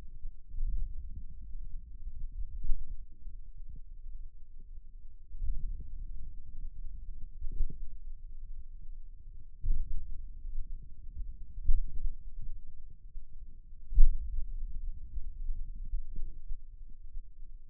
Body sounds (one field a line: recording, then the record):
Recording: forearm muscle sounds (acoustic myography)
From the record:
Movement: hand opening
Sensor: system 2, bracelet of six BSWA MPA416 microphones around the upper forearm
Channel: 4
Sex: male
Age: 22 years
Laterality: right